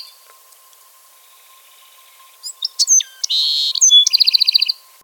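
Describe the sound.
Bewick's wren song after a quiet start: brief high chips and descending slurs lead into a buzzy note, then a rapid even trill closes the phrase.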